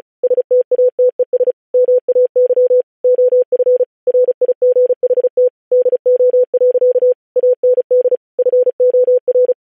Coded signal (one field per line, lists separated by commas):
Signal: Morse code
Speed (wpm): 36 wpm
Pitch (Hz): 500 Hz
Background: none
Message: STATES MAY OF RIGHT DO. AND FOR